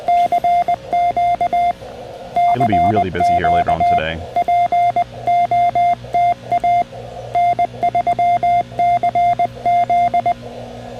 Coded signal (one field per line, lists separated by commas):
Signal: Morse code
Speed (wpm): 20 wpm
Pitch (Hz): 700 Hz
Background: speech, radio noise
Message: CQ CQ POTA N3CZ